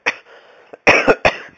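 An adult coughs: a single cough, a short pause, then a quick run of three more coughs.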